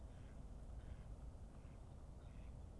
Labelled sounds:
Mallard
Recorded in Germany
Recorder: ecoPi

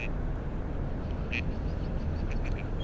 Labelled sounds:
Mallard
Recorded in Germany
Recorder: ecoPi

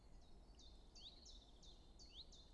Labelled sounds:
Common Chiffchaff
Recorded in Germany
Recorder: ecoPi

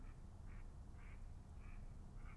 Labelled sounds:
Mallard
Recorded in Germany
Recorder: ecoPi

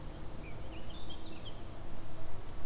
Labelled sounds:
Eurasian Blackcap
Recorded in Germany
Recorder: ecoPi

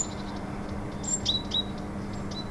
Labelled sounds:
Great Tit
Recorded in Germany
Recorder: ecoPi

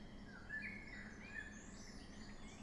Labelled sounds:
Common Blackbird
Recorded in Germany
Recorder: ecoPi

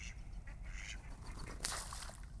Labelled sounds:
Mallard
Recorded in Germany
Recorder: ecoPi

